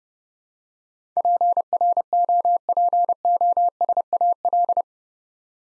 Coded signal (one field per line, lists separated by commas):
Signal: Morse code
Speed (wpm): 28 wpm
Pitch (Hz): 700 Hz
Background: none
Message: PROPOSAL